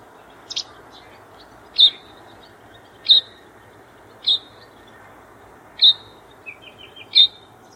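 White wagtail calls: crisp high chirps repeated roughly every one and a quarter to one and a half seconds, with a brief faint twittering between two of them and constant low background hum.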